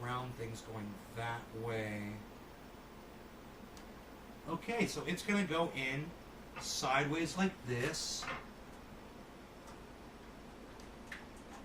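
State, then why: Seated. Someone talks while a PC component is slid in sideways into a case or motherboard and pressed until it clicks. A short, sharp click comes at 11.1 s after quieter handling noise, and the part is seated.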